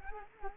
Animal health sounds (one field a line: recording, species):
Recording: mosquito wingbeat signal from an infrared sensor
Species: Culex quinquefasciatus